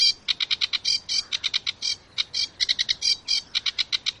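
Sedge warbler delivering quick grating chatter, short scratchy notes tumbling in an uneven, rapid rhythm.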